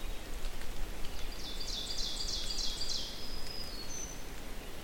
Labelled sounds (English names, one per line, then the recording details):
Ovenbird song
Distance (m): 60 m
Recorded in boreal forest in Alberta, Canada, on 4 June 2016 at 07:23
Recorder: SongMeter 3, array SBT-3-51
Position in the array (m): 215 m, 17 m
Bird 27